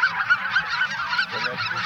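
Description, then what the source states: Goose flock chatter: many high, yelping honks overlapping in a steady clamour for the whole short stretch. Flock chatter for an electronic hunting caller sound chip.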